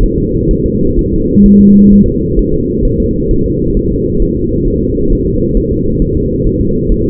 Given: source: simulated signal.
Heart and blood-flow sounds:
fetal heart sounds
0.03 s: S1
0.18 s: S2
0.51 s: S1
0.66 s: S2
0.99 s: S1
1.13 s: S2
1.46 s: S1
1.61 s: S2
1.93 s: S1
2.08 s: S2
2.39 s: S1
2.54 s: S2
2.85 s: S1
3.00 s: S2
3.31 s: S1
3.46 s: S2
3.77 s: S1
3.92 s: S2
4.22 s: S1
4.37 s: S2
4.68 s: S1
4.82 s: S2
5.13 s: S1
5.27 s: S2
5.57 s: S1
5.72 s: S2
6.02 s: S1
6.17 s: S2
6.47 s: S1
6.61 s: S2
6.92 s: S1
7.06 s: S2
From the record:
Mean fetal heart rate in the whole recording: 130 bpm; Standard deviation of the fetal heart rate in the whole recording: 4 bpm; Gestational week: 38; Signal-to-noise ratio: -15.3 dB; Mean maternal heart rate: 72 bpm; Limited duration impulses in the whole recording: present

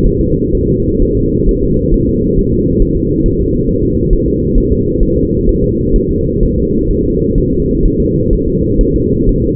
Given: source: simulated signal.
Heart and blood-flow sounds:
fetal heart sounds
0.06 s: S1
0.21 s: S2
0.55 s: S1
0.70 s: S2
1.02 s: S1
1.17 s: S2
1.49 s: S1
1.63 s: S2
1.94 s: S1
2.09 s: S2
2.39 s: S1
2.53 s: S2
2.82 s: S1
2.97 s: S2
3.26 s: S1
3.41 s: S2
3.69 s: S1
3.84 s: S2
4.13 s: S1
4.28 s: S2
4.58 s: S1
4.72 s: S2
5.03 s: S1
5.18 s: S2
5.49 s: S1
5.64 s: S2
5.96 s: S1
6.11 s: S2
6.43 s: S1
6.58 s: S2
6.91 s: S1
7.05 s: S2
7.38 s: S1
7.53 s: S2
7.85 s: S1
8.00 s: S2
8.33 s: S1
8.48 s: S2
8.81 s: S1
8.96 s: S2
9.29 s: S1
9.44 s: S2
From the record:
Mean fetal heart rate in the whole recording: 130 bpm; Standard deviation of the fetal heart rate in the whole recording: 4 bpm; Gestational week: 38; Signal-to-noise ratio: -14.7 dB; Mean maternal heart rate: 72 bpm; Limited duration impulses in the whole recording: present

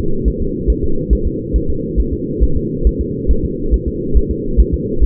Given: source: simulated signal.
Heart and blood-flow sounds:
fetal heart sounds
0.28 s: S1
0.42 s: S2
0.70 s: S1
0.84 s: S2
1.13 s: S1
1.27 s: S2
1.56 s: S1
1.70 s: S2
2.00 s: S1
2.13 s: S2
2.43 s: S1
2.57 s: S2
2.87 s: S1
3.01 s: S2
3.31 s: S1
3.45 s: S2
3.74 s: S1
3.88 s: S2
4.17 s: S1
4.31 s: S2
4.60 s: S1
4.74 s: S2
5.03 s: S1
From the record:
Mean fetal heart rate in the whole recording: 140 bpm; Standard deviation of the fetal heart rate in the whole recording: 2 bpm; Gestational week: 34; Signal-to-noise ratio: -8.1 dB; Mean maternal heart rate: 72 bpm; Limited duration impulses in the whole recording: absent

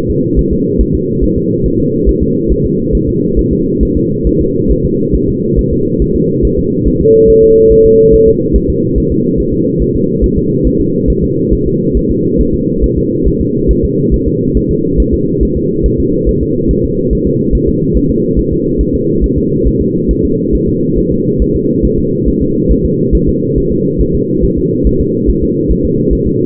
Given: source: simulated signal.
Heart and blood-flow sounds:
fetal heart sounds
0.11 s: S2
0.39 s: S1
0.53 s: S2
0.81 s: S1
0.95 s: S2
1.24 s: S1
1.38 s: S2
1.66 s: S1
1.80 s: S2
2.09 s: S1
2.23 s: S2
2.52 s: S1
2.66 s: S2
2.95 s: S1
3.09 s: S2
3.39 s: S1
3.53 s: S2
3.83 s: S1
3.97 s: S2
4.27 s: S1
4.41 s: S2
4.72 s: S1
4.85 s: S2
5.15 s: S1
5.29 s: S2
5.59 s: S1
5.73 s: S2
6.02 s: S1
6.16 s: S2
6.45 s: S1
6.59 s: S2
6.88 s: S1
7.01 s: S2
7.30 s: S1
7.44 s: S2
7.72 s: S1
7.86 s: S2
8.14 s: S1
8.28 s: S2
8.56 s: S1
8.70 s: S2
8.98 s: S1
9.12 s: S2
9.40 s: S1
9.54 s: S2
9.82 s: S1
9.96 s: S2
10.24 s: S1
10.38 s: S2
10.67 s: S1
10.81 s: S2
11.10 s: S1
11.24 s: S2
11.53 s: S1
11.67 s: S2
11.97 s: S1
12.11 s: S2
12.41 s: S1
12.55 s: S2
12.84 s: S1
12.98 s: S2
13.28 s: S1
13.41 s: S2
13.71 s: S1
13.85 s: S2
14.14 s: S1
14.28 s: S2
14.57 s: S1
14.71 s: S2
15.00 s: S1
15.14 s: S2
15.43 s: S1
15.57 s: S2
15.86 s: S1
16.00 s: S2
16.29 s: S1
16.43 s: S2
16.71 s: S1
16.85 s: S2
17.13 s: S1
17.27 s: S2
17.55 s: S1
17.69 s: S2
17.97 s: S1
18.11 s: S2
18.39 s: S1
18.53 s: S2
18.81 s: S1
18.95 s: S2
19.24 s: S1
19.38 s: S2
19.67 s: S1
19.81 s: S2
20.11 s: S1
20.25 s: S2
20.55 s: S1
20.69 s: S2
20.98 s: S1
21.12 s: S2
21.42 s: S1
21.56 s: S2
21.85 s: S1
21.99 s: S2
22.28 s: S1
22.42 s: S2
22.72 s: S1
22.85 s: S2
23.15 s: S1
23.29 s: S2
23.58 s: S1
23.72 s: S2
24.01 s: S1
24.15 s: S2
24.44 s: S1
24.58 s: S2
24.87 s: S1
25.01 s: S2
25.30 s: S1
25.43 s: S2
25.72 s: S1
25.85 s: S2
26.13 s: S1
26.27 s: S2
From the record:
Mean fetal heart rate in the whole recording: 140 bpm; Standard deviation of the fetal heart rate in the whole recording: 2 bpm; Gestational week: 34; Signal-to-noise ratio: -11.2 dB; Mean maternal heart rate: 72 bpm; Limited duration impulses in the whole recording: present

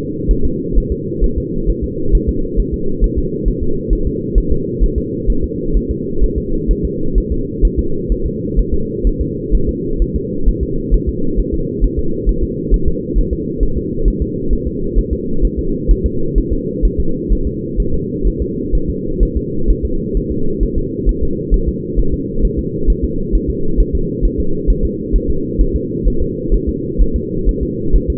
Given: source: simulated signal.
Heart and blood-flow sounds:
fetal heart sounds
0.31 s: S1
0.45 s: S2
0.78 s: S1
0.92 s: S2
1.24 s: S1
1.38 s: S2
1.70 s: S1
1.84 s: S2
2.15 s: S1
2.29 s: S2
2.59 s: S1
2.74 s: S2
3.04 s: S1
3.18 s: S2
3.48 s: S1
3.63 s: S2
3.93 s: S1
4.07 s: S2
4.38 s: S1
4.52 s: S2
4.84 s: S1
4.98 s: S2
5.30 s: S1
5.44 s: S2
5.77 s: S1
5.91 s: S2
6.24 s: S1
6.38 s: S2
6.71 s: S1
6.85 s: S2
7.18 s: S1
7.32 s: S2
7.65 s: S1
7.79 s: S2
8.12 s: S1
8.26 s: S2
8.59 s: S1
8.74 s: S2
9.07 s: S1
9.21 s: S2
9.54 s: S1
9.69 s: S2
10.02 s: S1
10.16 s: S2
10.48 s: S1
10.63 s: S2
10.94 s: S1
11.09 s: S2
11.40 s: S1
11.54 s: S2
11.84 s: S1
11.99 s: S2
12.29 s: S1
12.43 s: S2
12.74 s: S1
12.88 s: S2
13.18 s: S1
13.33 s: S2
13.63 s: S1
13.77 s: S2
14.08 s: S1
14.22 s: S2
14.53 s: S1
14.67 s: S2
14.99 s: S1
15.13 s: S2
15.45 s: S1
15.59 s: S2
15.91 s: S1
16.06 s: S2
16.38 s: S1
16.53 s: S2
16.85 s: S1
17.00 s: S2
17.32 s: S1
17.47 s: S2
17.80 s: S1
17.94 s: S2
18.27 s: S1
18.42 s: S2
18.75 s: S1
18.90 s: S2
19.23 s: S1
19.37 s: S2
19.70 s: S1
19.85 s: S2
20.17 s: S1
20.31 s: S2
20.63 s: S1
20.78 s: S2
21.09 s: S1
21.23 s: S2
21.54 s: S1
21.68 s: S2
21.99 s: S1
22.14 s: S2
22.45 s: S1
22.59 s: S2
22.90 s: S1
23.04 s: S2
23.35 s: S1
23.50 s: S2
23.80 s: S1
23.95 s: S2
24.25 s: S1
24.40 s: S2
24.70 s: S1
24.85 s: S2
25.16 s: S1
25.30 s: S2
25.61 s: S1
25.76 s: S2
26.07 s: S1
26.22 s: S2
26.54 s: S1
26.69 s: S2
27.02 s: S1
27.16 s: S2
27.49 s: S1
27.63 s: S2
27.96 s: S1
28.10 s: S2
From the record:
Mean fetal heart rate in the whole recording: 130 bpm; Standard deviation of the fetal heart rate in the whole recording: 2 bpm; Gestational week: 36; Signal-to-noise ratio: -8.1 dB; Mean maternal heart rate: 72 bpm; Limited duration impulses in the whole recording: absent

